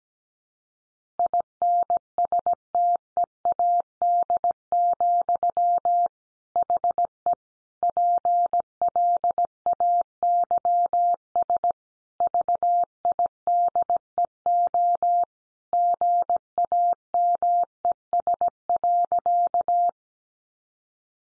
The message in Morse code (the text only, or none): INSTEAD, HE PLAYS VIDEO GAMES.